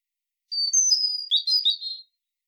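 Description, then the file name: European robin song, clear high sustained whistles leading into a tumbling, warbled sequence of rapid notes. "Erithacus rubecula"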